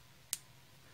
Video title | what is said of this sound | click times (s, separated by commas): COMO PREGAR PÉROLAS COM O BALANCIM | vendo? Ela faz um cliquezinho. | 0.3 s